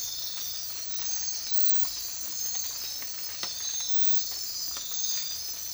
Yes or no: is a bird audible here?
no